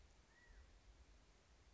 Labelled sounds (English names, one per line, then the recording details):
California Quail
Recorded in Sonoma County, California